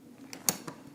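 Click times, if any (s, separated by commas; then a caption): 0.5 s. A collapsible umbrella-style photo reflector or light modifier is pushed open until its ribs lock, with a sharp, strong click at 0.5 s. A smaller tick comes just before it, and a softer knock follows, over a quiet, faintly creaky mechanical background. The umbrella modifier clicks open and seats.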